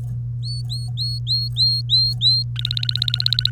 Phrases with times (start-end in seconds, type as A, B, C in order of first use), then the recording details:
0.43-2.43 A, 2.56-3.51 B. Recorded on 3 May 2018 at 07:27. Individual llb3